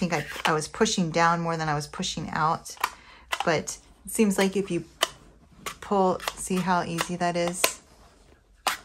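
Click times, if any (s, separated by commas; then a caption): none. A sliding plastic lid on a storage pod container for diamond-painting drills is handled and slid while someone talks, with a few short sharp taps, the loudest near 5.0 s. Nothing has seated or clicked into place yet; the lid is not yet home when the clip ends.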